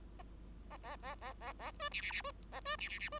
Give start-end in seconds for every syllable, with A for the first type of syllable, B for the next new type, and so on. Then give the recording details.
0.70-0.77 A, 0.83-0.96 A, 1.02-1.15 A, 1.21-1.33 A, 1.41-1.53 A, 1.59-1.71 A, 1.79-1.89 B, 1.91-2.01 C, 2.01-2.11 C, 2.12-2.22 C, 2.24-2.31 B, 2.52-2.60 A, 2.65-2.76 B, 2.78-2.88 C, 2.88-2.99 C, 2.99-3.09 C, 3.12-3.19 B. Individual Bird5